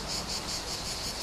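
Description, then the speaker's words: Cicada song: a high pulsing buzz throbbing in regular beats over a constant hiss. Cicadas heard in the background during a conversation; their rhythm likened to jazz. "Moi, j'entends surtout les cigales."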